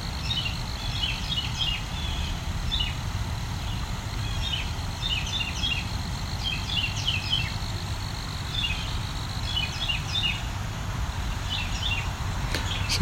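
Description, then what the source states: Carolina wren delivering strings of quick, sharp chips and short trilled phrases, with a heavy low background rumble throughout. The wren seems to be practising many calls and songs in a chain, a continuous barrage.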